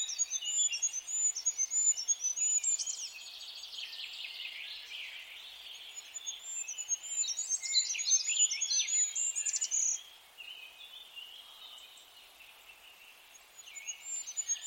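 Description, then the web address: Several birds sing at once: high fast looping trills and jumbled chirps for ten seconds, then quieter scattered notes before a final high trill. "birddata Deverinetal 2025"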